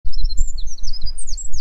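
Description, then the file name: Eurasian wren giving a rapid run of very high, thin chirps and trilled notes that slide up and down, over a steady low rumble with dull thumps. "Troglodytes troglodytes"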